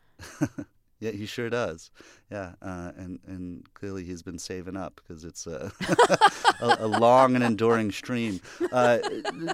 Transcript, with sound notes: Yeah, he sure does, yeah. And clearly he's been saving up 'cause it's a...
(LAUGHTER)
...A long and enduring stream.